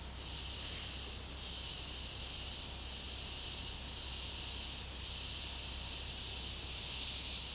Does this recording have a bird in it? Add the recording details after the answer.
no. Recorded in secondary vegetation near Puerto Asís, Putumayo, Colombia, on 20 February 2024 at 16:00. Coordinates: 0.489, -76.322. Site G6419